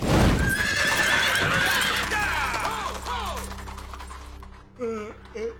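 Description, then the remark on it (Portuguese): A horse lets out a long, loud whinny that wavers and slides downward, with the clatter of hooves underneath, followed by a couple of shorter snorting calls. “Seus cavalos estão prontos. Avante!”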